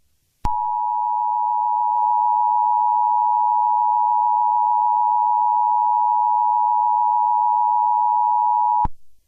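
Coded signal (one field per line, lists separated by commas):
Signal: Emergency Alert System (SAME) tones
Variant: 853 and 960 Hz attention tone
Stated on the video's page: Fictional EAS scenario, a simulated alert.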